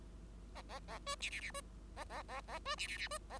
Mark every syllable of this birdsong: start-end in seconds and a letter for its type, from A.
0.55-0.62 A, 0.69-0.79 A, 0.88-0.99 A, 1.06-1.15 B, 1.20-1.30 C, 1.30-1.41 C, 1.41-1.51 C, 1.54-1.61 B, 1.96-2.04 A, 2.09-2.23 A, 2.28-2.41 A, 2.47-2.59 A, 2.65-2.75 B, 2.77-2.87 C, 2.87-2.97 C, 2.97-3.08 C, 3.10-3.18 B, 3.29-3.38 A